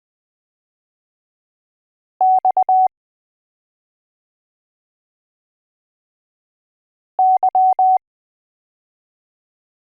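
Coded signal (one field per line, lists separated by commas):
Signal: Morse code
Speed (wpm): 20 wpm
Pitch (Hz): 750 Hz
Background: none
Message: X Y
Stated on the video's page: Morse code alphabet lesson from A to Z.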